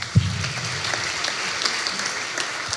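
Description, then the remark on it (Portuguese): A round of applause from a crowd welcoming Miguel Quintão, dense and steady clapping that holds at an even level for a few seconds, with no one speaking over it. “Uma salva de palmas.”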